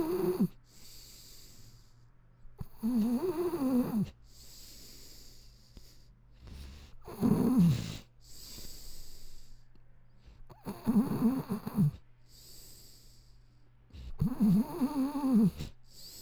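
Snoring from an adult sleeper.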